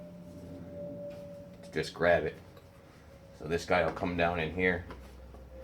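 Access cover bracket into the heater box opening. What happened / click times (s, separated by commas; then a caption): The cover is being handled and has not yet snapped into place / none. Someone talks while handling a homemade access cover, fitted with a rubber garage-door seal and a small metal bracket, at the heater-box opening of a 1967 to 1972 Chevy truck during a heater core replacement. A steady low hum runs underneath, with faint handling noise between the speech. The cover has not seated or clicked into place yet.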